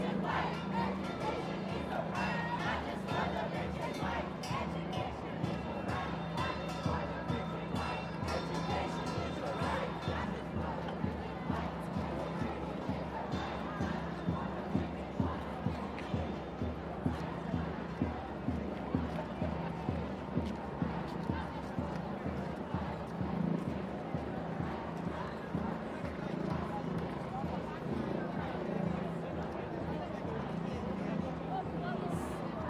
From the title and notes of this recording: WOMXNS MARCH_raw_07 by Andy "soundeziner" Martin.